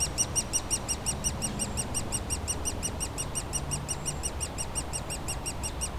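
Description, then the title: Woodpecker nestlings calling with a fast, regular stream of high squeaky chirps over a low background rumble. Woodpecker nestlings calling continuously from their cavity at the foot of a dead tree trunk, Bois Saint-Martin near Lognes aerodrome, Noisy-le-Grand, France, planes flying overhead; recorded with DR-40X. "Bois Saint-Martin RH9V+J6 Noisy-le-Grand, France - Oisillons et gros "volatiles" bruyants"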